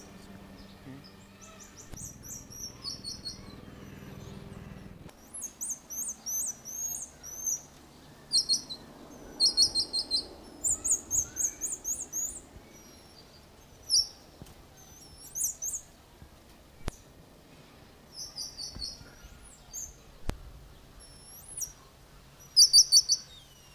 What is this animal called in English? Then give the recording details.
Black-mantled Tamarin. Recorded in captivity. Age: adult. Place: Zoo Berlin, Berlin, DE. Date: 2002-09-04 13:26. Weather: heiter, 24 - 26°C. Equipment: Nagra SN, Kopie Uher 4000 Report Monitor. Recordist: Tembrock, Günter. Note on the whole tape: Zwei Tiere: diverse Laute, auf ihnen bekannte Personen bezogen (am Gitter, Entfernung ca. 5 m, Oberkäfig)